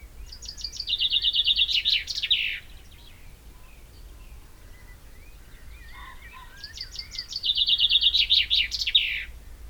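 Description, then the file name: Common chaffinch singing twice; each phrase is a rattling series of high notes closing with a flourish. "Fringilla coelebs"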